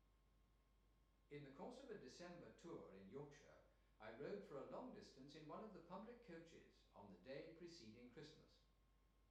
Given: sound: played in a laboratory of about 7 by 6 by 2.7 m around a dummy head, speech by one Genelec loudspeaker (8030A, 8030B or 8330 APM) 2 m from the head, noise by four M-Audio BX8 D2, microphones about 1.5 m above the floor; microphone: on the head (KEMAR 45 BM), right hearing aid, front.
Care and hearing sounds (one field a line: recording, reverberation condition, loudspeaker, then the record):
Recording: male speech in English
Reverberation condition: medium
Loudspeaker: 90 degrees to the left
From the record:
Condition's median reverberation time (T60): about 510 ms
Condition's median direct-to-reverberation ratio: about -0.5 dB